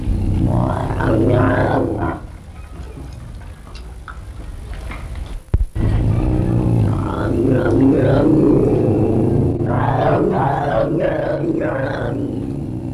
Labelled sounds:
Ocelot (Leopardus pardalis)
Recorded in captivity
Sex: male
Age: adult
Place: Tierpark Berlin, Berlin, DE
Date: 1963-03-30 15:30
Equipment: Minifon, Kopie Smaragd
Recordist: Tembrock, Günter

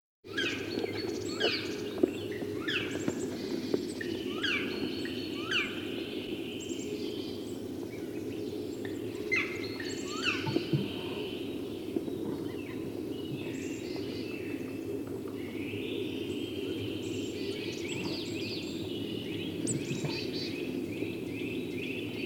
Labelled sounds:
Black Woodpecker (Dryocopus martius) call
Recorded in the wild
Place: Kuchelmiß, Mecklenburg-Vorpommern, DE
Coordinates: 53.667, 12.347
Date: 1982-04-02 07:37
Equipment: Nagra III BH, Sennheiser MD 21, parabola
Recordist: Schubert, Michael

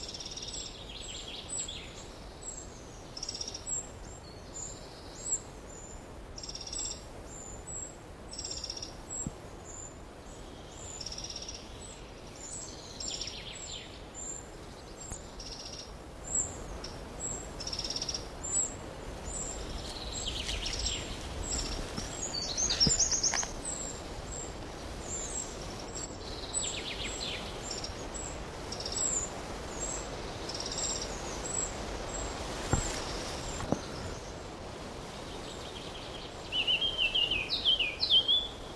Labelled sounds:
Eurasian Blackcap (Sylvia atricapilla) song
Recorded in the wild
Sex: male
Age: adult
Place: Mühlenbecker Wald, Brandenburg, DE
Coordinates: 52.7, 13.4
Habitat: marshland, glade
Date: 1988-06-19 11:36
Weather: cloudy, 14-18°C
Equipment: Nagra SN, Kopie Tesla B 116
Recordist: Tembrock, Günter

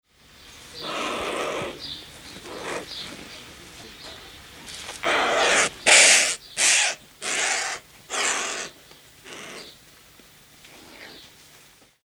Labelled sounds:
Black Vulture (Coragyps atratus)
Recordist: Tembrock, Günter
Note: Rufe von Jungvögeln

